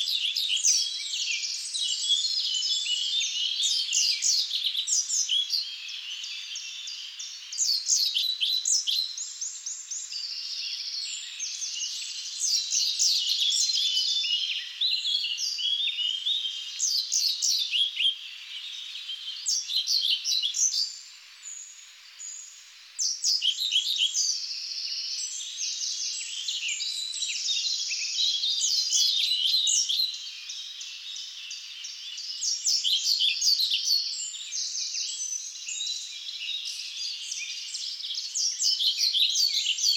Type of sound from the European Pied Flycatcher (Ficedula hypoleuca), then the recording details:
song. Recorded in the wild. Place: Waltershofen / Freiburg im Breisgau, Baden-Württemberg, DE. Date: 2007-05-04. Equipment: MiniDisc Sharp MT 20 H. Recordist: Schwarz, Dieter. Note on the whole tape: Song